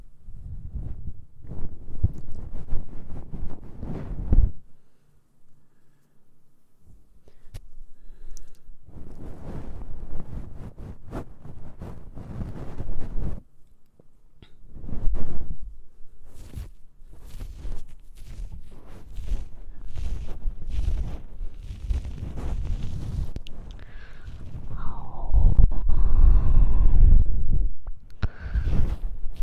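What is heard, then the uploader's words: Muffled rubbing and scratching, heard as deep rumbling bursts with crackly clicks, like ear cleaning. The sounds come in uneven waves with a nearly silent pause around five to seven seconds, growing heaviest and loudest near the end. ASMR Mouth Sounds Ear Cleaning.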